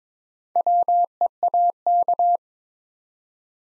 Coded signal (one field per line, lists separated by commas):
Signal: Morse code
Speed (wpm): 22 wpm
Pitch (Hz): 700 Hz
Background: none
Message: WEAK